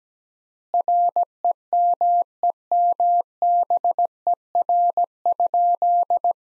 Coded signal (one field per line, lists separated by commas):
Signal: Morse code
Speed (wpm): 17 wpm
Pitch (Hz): 700 Hz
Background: none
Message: REMEMBER?